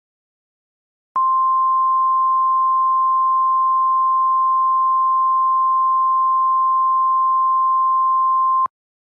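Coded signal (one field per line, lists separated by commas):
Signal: Emergency Alert System (SAME) tones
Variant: 1050 Hz attention tone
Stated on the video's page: Fictional EAS scenario.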